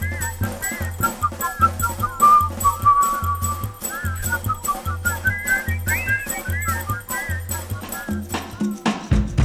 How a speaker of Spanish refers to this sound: Hermeto Silbadores. Es el coro estable de Angelito Silbadores.